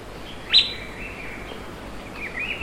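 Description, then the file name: Bird call: a single sharp chirp with a drawn-out high tail, then a faint later note. "SABIOD 50 bird 2015"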